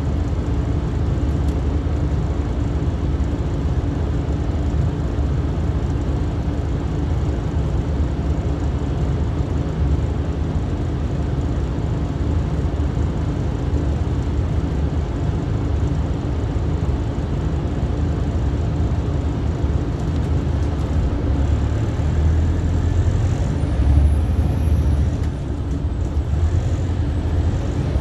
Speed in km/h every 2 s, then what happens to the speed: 0, 0, 0, 0, 0, 0, 0, 0, 0, 0, 11, 19, 21, 26.
0-18 standing. 18-28 pulls away to 26.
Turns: none.